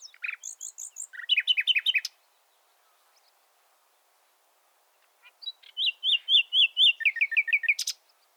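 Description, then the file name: Common nightingale song: two phrases of rapid repeated notes and rattling trills, separated by a silent gap, each ending with a sharp high note. "Luscinia megarhynchos"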